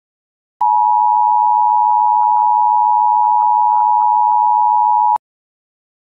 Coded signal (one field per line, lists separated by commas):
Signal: Emergency Alert System (SAME) tones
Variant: 853 and 960 Hz attention tone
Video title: EAS Scenario - Zombie Outbreak